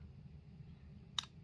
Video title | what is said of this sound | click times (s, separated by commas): Civivi Elementum knife review ( my dessert warrior edition 🍩😛 )! Discreet and classy EDC. | locks in place very well and | 1.2 s